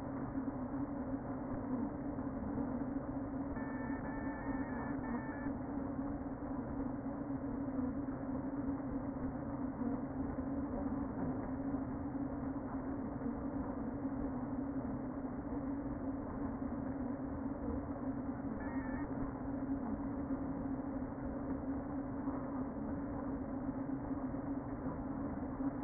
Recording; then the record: honeybee colony, microphone inside the hive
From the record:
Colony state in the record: queen present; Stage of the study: before two queens were removed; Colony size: about 60,000 bees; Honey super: yes